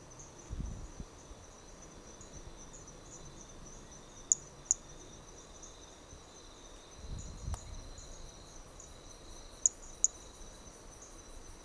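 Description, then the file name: Hermogenes's flea-toad giving two pairs of very high, clicky notes over a constant insect chorus and occasional low rumbles. Recorded at Trilha do Ipiranga; individual 4; the first four notes of the call were lost. "MHNCI Brachy hermogenesi Trilha do Ipiranga ind 4 four starting notes lost"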